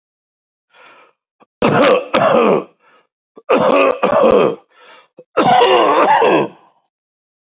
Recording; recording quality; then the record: heavy voluntary cough; excellent, no background noise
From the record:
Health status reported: healthy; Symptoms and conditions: cough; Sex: male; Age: 52 years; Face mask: not worn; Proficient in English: yes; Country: India